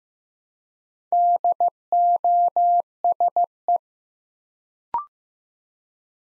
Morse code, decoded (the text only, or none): DOSE